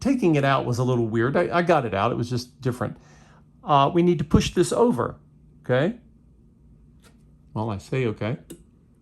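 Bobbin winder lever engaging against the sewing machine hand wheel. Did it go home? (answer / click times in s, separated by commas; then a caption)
no / none. Someone talks while handling the bobbin winder lever on a vintage Simpsons sewing machine fitted with a new rubber winder tire, getting ready to push the lever over so the tire presses against the hand wheel. Only speech and faint background are heard. Nothing has clicked into the engaged position yet.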